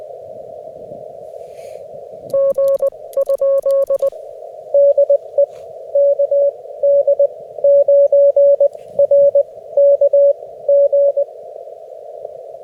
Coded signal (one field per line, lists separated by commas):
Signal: Morse code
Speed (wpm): 20 wpm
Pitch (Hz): 560 Hz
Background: radio noise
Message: G ? DE KD9RKG